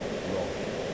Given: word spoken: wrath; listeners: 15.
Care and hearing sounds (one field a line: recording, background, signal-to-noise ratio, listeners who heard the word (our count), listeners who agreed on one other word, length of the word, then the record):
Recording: one English word in noise, from a listening test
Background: speech-shaped noise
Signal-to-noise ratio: -4.7 dB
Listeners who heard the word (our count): 0 of 15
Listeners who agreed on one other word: 6 of 15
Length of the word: 0.54 s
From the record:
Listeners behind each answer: 6, 2, 2, 1, 1, 1, 1, 1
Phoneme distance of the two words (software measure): 10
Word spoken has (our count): 1 syllable, 3 phonemes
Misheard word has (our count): 1 syllable, 3 phonemes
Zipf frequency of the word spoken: 3.41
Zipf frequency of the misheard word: 5.01